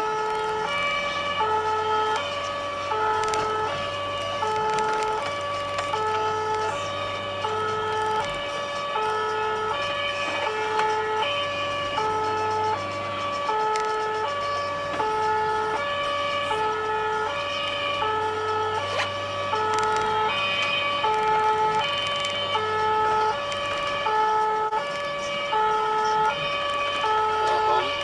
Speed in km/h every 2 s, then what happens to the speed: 61, 66, 68, 69, 67, 62, 67, 63, 61, 65, 69, 71, 67, 63.
0-6 speeds up to 69. 6-17 slows to 61. 17-21 speeds up to 71. 21-28 slows to 63.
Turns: none.